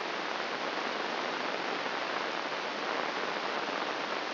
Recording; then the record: brain microelectrode recording played as sound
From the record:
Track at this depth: inside the subthalamic nucleus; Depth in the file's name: 3.831 mm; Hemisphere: left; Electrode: 3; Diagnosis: Parkinson's disease